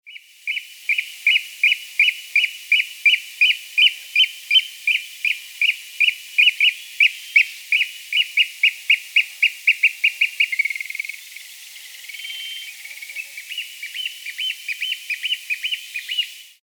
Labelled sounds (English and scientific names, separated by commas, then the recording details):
Eurasian Oystercatcher (Haematopus ostralegus)
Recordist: Frommolt, Karl-Heinz
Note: Rufe beim Abflug